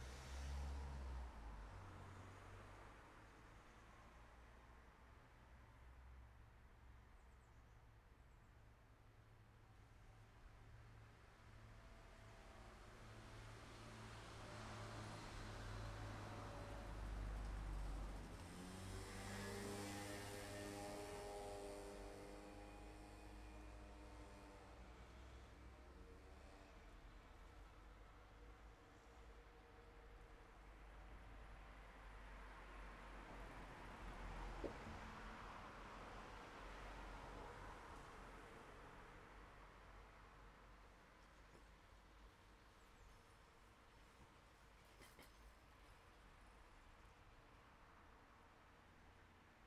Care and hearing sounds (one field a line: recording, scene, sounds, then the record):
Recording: everyday scene through a hearing-aid microphone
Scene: in traffic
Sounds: traffic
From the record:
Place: city secondary road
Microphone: behind the ear, left, rear